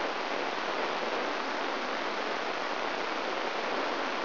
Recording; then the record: brain microelectrode recording played as sound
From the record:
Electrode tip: inside the subthalamic nucleus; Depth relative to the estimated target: 2 mm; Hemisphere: right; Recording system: AlphaMap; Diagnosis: Parkinson's disease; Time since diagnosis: 20 years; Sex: female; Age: 65 years